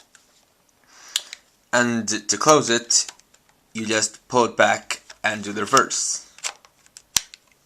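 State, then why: Seated. Someone talks while the spring-loaded sliding plastic shell of a toy electronic Pokedex is pushed back closed, with small handling clicks along the way. A sharp, loud snap at 7.2 s marks the shell locking shut into place.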